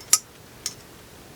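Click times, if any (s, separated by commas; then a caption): 0.1 s. A button-lock folding pocket knife is flipped open and the button is released at the end of travel, so the lock bar snaps into place with a sharp metallic tick at 0.1 s. The blade is locked open, and a second, softer tick follows at about 0.7 s. The lock only engages properly if the button is let go, but once you are used to it, it pops right in.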